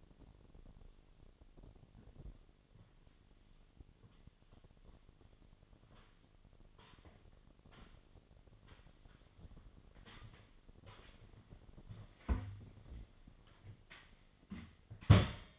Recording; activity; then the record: daily activity, microphone in the room; sweep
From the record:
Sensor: 4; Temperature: 28.5 degrees Celsius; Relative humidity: 34.1%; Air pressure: 1007.8 hPa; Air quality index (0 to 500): 192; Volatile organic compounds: 6 ppm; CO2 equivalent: 1922 ppm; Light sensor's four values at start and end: 23/72/27/26 and 23/71/27/26